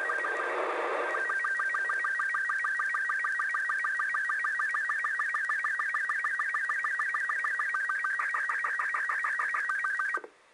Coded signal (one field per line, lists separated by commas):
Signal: SSTV (slow-scan television)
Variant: Robot 36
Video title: SSTV being recieved from the ISS